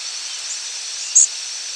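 Indigo bunting call: one brief, very high, thin note about two-thirds through, over a steady background hiss.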